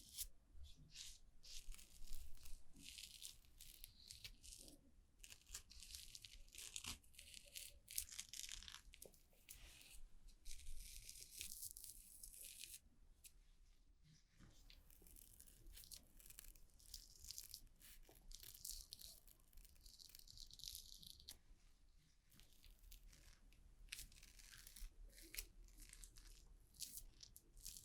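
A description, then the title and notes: A haircut and shave with a dense, hissing, rattling buzz, like clippers or a shaver working over hair. The bright noise surges and thins in uneven strokes, dropping out briefly around 14 and 22 seconds, over a steady low hum and scattered clicks. Haircut, Shaving, Shampoo & Massage.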